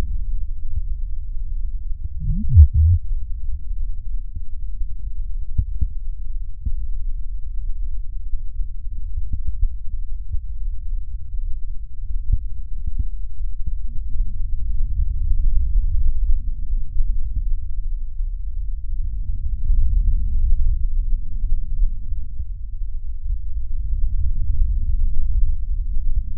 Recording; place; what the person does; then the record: lung sounds by stethoscope; right posterior apical chest; quiet breathing, then deep breathing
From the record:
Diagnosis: none (healthy); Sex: male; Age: 60 years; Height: 190 cm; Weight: 150 kg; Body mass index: 41.6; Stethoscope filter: bell mode